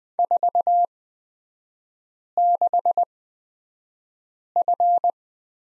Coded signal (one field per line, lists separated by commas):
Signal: Morse code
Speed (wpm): 20 wpm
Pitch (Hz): 700 Hz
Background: none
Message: 46F